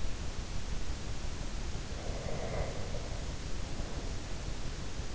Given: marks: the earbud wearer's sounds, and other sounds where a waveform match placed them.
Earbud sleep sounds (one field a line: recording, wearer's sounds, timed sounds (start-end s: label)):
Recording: sounds in sleep by an in-ear microphone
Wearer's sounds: breath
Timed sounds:
1.91-4.13 s: breath